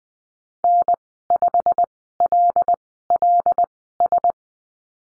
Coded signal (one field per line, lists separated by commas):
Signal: Morse code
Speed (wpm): 20 wpm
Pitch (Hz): 700 Hz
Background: none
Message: N5LLS